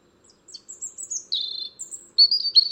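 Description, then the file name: European robin song: a string of very high, thin whistled notes, some sliding downward, ending in a brighter warbled flourish. "Erithacus rubecula"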